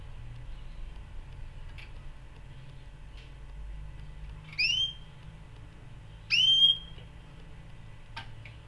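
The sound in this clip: Canary calls: two rising whistled notes, the second longer and louder, with a few soft clicks and a low hum throughout.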